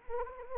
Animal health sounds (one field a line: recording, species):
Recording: mosquito wingbeat signal from an infrared sensor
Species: Anopheles arabiensis